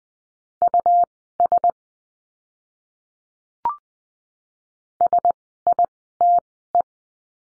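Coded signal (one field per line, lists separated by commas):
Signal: Morse code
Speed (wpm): 20 wpm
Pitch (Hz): 700 Hz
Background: none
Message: US SITE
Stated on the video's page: Morse code course lesson on letter U, words, Farnsworth speed 20/10 wpm.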